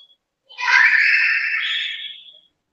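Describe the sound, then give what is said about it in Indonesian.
A small child in an audience lets out one long, shrill, piercing scream without a microphone, lasting about two seconds, loud and steady before trailing off, with silence around it. “Kita kalah dengan suara anak kecil, Pak.”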